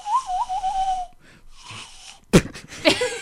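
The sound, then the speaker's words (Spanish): A breathy attempt, whistled through the hands, at the call of a zorzal criollo (Creole thrush): a wavering tone that warbles up and down, then fades into airy blowing, followed by two sharp bursts of breath. “Viene el intento, el soplido.”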